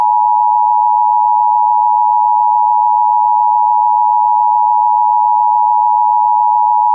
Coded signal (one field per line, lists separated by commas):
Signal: Emergency Alert System (SAME) tones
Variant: 853 and 960 Hz attention tone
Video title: EAS: Child Abduction Emergency for Oakland, California (5/20/2025)